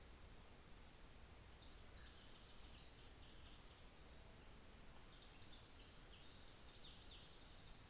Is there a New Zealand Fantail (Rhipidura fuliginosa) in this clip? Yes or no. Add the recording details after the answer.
no. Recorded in New Zealand on 24 December 2018. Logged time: 15:45